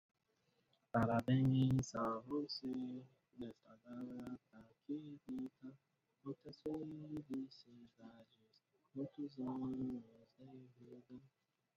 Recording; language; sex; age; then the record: short text; Brazilian Portuguese; male; 30 to 39 years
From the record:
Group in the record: control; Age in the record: 35 years